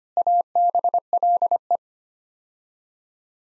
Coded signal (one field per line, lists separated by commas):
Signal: Morse code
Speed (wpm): 25 wpm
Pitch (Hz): 700 Hz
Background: none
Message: ABLE